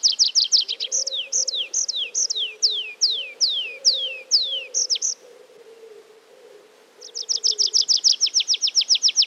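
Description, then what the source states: Tree pipit singing: a run of drawn-out, down-slurred seea notes, a brief pause, then a fast, dry, rattling trill. Forest recording.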